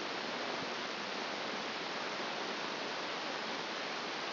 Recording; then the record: brain microelectrode recording played as sound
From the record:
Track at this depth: outside the subthalamic nucleus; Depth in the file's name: 0.641 mm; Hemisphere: left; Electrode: 2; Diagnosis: Parkinson's disease